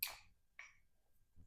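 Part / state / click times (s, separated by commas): cap onto perfume bottle / not seated / none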